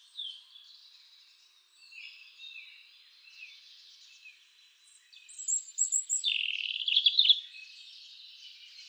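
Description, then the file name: European robin song: soft, faint, high warbling that builds into a louder, rich, trilled phrase partway through. "Erithacus rubecula"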